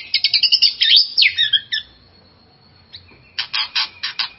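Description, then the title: White-rumped shama song: a quick run of sharp chattering notes and a falling whistle, a pause, then more harsh clipped notes. "murai batu"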